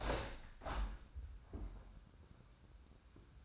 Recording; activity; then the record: daily activity, microphone in the room; open window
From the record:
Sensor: 2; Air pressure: 1006.4 hPa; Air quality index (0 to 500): 203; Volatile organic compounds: 15 ppm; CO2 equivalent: 2482 ppm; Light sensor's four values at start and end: 9/21/9/9 and 9/22/9/9